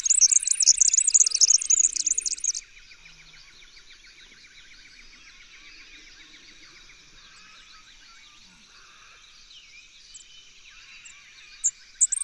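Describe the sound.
Red-backed fairywren song: a loud, very high, fast reeling trill for about two and a half seconds, followed by a long, quiet, steady pulsing trill, with a few high notes at the end.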